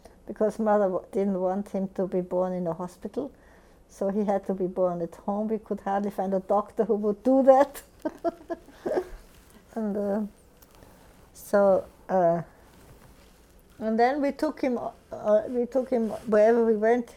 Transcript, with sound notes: Because mother didn't want him to be born in a hospital, so he had to be born at home. We could hardly find a doctor who would do that. ( she laughs ) And, uh, so, uh, and then we took him, we took him wherever we went.